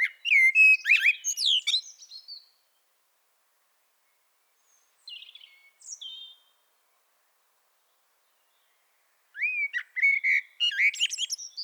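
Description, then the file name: Eurasian blackbird singing mellow warbled phrases ending in high twittering, two bursts separated by several seconds of silence with a few faint high notes between. "Turdus merula"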